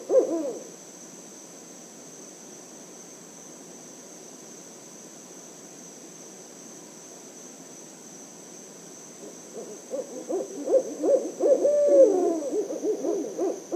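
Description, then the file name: Barred owl song: a brief hoot at the start, then after a long quiet pause a loud series of wavering hoots. Series of song in Myakka City, Florida. "chouette-rayecc 81 e-chant-series-myakka-city-fl-richard-pecc 81 loquin"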